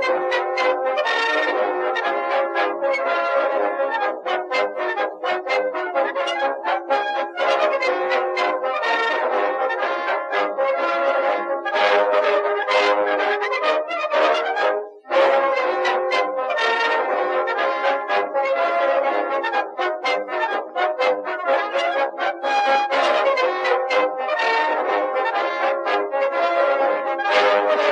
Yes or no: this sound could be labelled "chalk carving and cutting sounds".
no